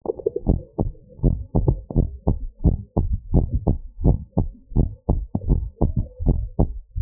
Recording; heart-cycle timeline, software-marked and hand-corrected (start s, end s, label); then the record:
heart sounds
0.00	0.14	systole
0.14	0.22	S2
0.22	0.48	diastole
0.48	0.60	S1
0.60	0.86	systole
0.86	0.96	S2
0.96	1.24	diastole
1.24	1.38	S1
1.38	1.62	systole
1.62	1.76	S2
1.76	1.98	diastole
1.98	2.10	S1
2.10	2.34	systole
2.34	2.42	S2
2.42	2.66	diastole
2.66	2.78	S1
2.78	2.98	systole
2.98	3.08	S2
3.08	3.34	diastole
3.34	3.46	S1
3.46	3.68	systole
3.68	3.78	S2
3.78	4.04	diastole
4.04	4.18	S1
4.18	4.44	systole
4.44	4.52	S2
4.52	4.78	diastole
4.78	4.90	S1
4.90	5.16	systole
5.16	5.24	S2
5.24	5.48	diastole
5.48	5.64	S1
5.64	5.88	systole
5.88	5.98	S2
5.98	6.26	diastole
6.26	6.42	S1
6.42	6.66	systole
6.66	6.74	S2
6.74	6.98	diastole
6.98	7.02	S1
From the record:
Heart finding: normal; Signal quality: good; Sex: female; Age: 36 years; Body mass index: 28.5